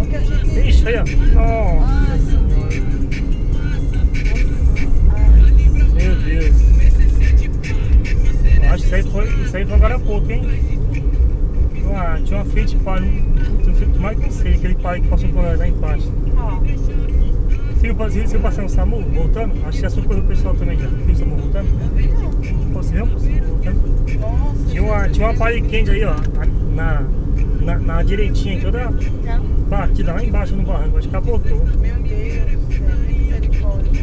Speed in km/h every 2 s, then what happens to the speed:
74, 70, 73, 74, 75, 74, 74, 75, 75, 74, 73, 72, 73, 71, 71, 69, 68.
0-34 steady at about 73.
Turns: none.